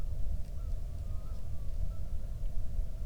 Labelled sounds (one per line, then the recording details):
bird
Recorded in the Arctic National Wildlife Refuge, Alaska, on 3 August 2019 at 10:07
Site 46